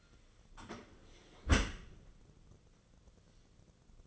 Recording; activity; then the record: daily activity, microphone in the room; close dishwasher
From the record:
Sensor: 4